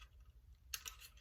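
Badly clipped loose plastic bricks inside a LEGO house interior are pressed back into place by hand. A sharp click at 0.7 s marks the bricks seating home, followed by a softer tick at 0.9 s. The bricks are seated and fit better now.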